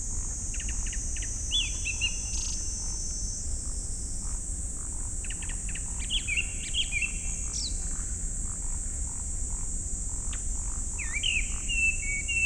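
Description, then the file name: Japanese thrush song: short whistled phrases of sliding, slurred notes given three times with pauses, over a steady high insect drone and low rumble. Recorded 19 July 2015, 19:19. "kurotugumi"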